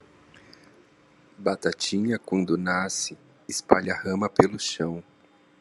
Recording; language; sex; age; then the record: short text; Brazilian Portuguese; male; 30 to 39 years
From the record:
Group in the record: control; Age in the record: 32 years